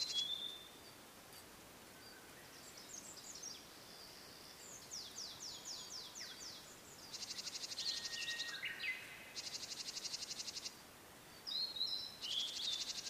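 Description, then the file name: Blue-and-white flycatcher song, soft high whistles and down-slurred sweeps, then several rapid buzzy pulsed trills and closing sharp whistles. "oruri"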